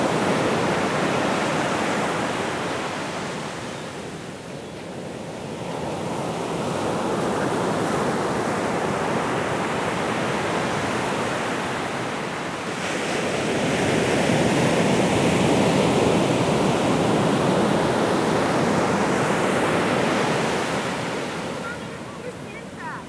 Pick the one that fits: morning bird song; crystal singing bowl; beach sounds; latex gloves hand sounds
beach sounds